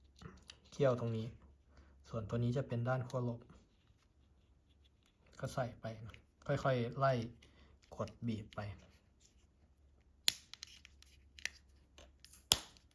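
Someone talks while the two plastic halves of a Nissan car remote key fob case are pressed back together after a battery change, squeezed bit by bit along the edges. Sharp snaps at 10.3 s and 12.5 s, with a few smaller ticks in between, mark the halves clicking closed, and the case is seated.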